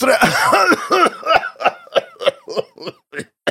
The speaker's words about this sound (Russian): Договорить помешал скрутивший меня приступ сухого кашля.